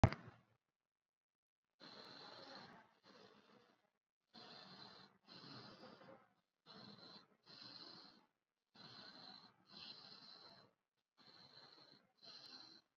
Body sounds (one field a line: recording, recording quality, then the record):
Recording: shallow breathing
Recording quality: excellent, no background noise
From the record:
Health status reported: COVID-19 positive, mild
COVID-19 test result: positive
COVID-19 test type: RT-PCR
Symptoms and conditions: cough, cold, fatigue, muscle pain, diabetes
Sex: male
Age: 48 years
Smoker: no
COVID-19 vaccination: both doses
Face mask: worn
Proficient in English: yes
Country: India